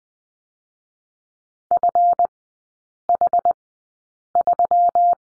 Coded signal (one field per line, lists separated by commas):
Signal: Morse code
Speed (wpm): 20 wpm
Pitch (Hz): 700 Hz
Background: none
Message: FH3